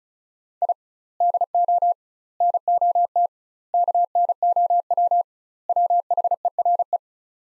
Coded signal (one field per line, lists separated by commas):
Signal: Morse code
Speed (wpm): 36 wpm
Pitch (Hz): 700 Hz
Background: none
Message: I DO NOT KNOW WHERE